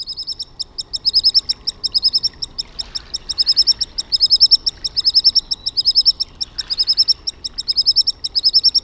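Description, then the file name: Common Sandpiper song: a rapid series of high, thin, piping notes in repeated rhythmic phrases, over soft background noise. "RANTATASIPI"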